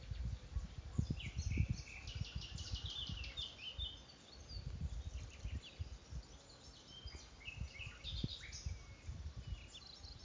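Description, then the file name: Common nightingale singing varied phrases of sharp chirps and whistles, with gusty low rumbling noise throughout. "Luscinia megarhynchos"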